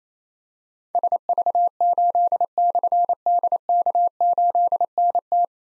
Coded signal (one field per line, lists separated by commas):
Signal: Morse code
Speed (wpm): 28 wpm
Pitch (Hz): 700 Hz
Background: none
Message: SV8/DK8NT